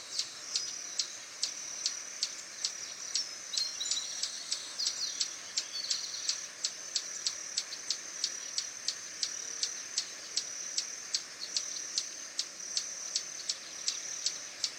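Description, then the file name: Swallow-tailed hummingbird repeating thin, high ticking chips at a brisk, fairly even pace, with a continuous high-pitched hum behind. "Canto do beija flor tesoura"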